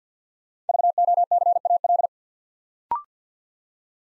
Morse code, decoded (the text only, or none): VOCAL